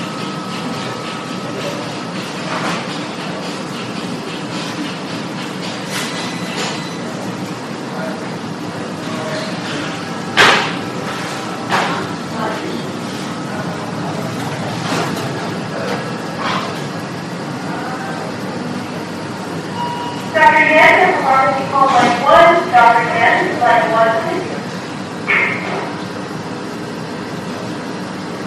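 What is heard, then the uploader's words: Hospital emergency room with a steady low hum, scattered clicks and knocks, and a burst of voices talking from about 20 to 26 seconds. Hospital Emergency Room.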